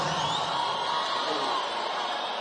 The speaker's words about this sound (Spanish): Un fuerte aplauso, vamos, un fuerte aplauso.